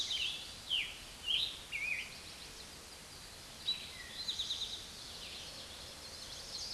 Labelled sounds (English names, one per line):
Eastern Towhee song